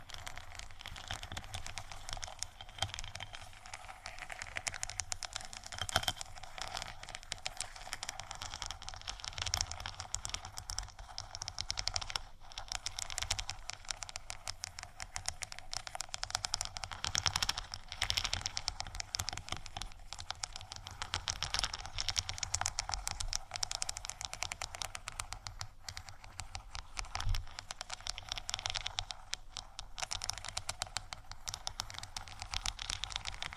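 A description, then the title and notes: Fingernails scratch and tap across a crystal sticker sheet in a dense, steady patter of crisp clicks and scrapes for the whole stretch. ASMR Crystal Sticker Sheet Scratch & Tap（No Talking）.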